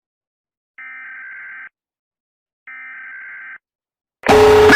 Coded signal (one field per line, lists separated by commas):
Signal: Emergency Alert System (SAME) tones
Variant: header bursts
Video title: Massachusetts eas alarm